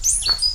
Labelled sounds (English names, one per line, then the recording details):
Stitchbird song
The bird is a male
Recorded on Tiritiri Matangi Island, New Zealand, in 2005
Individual 19, of nest box 27